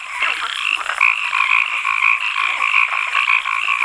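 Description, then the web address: Frogs calling in a dense chorus, overlapping rattling and trilling notes forming a continuous churring din without pauses. "Breakneck. Austral Sounds Froesche"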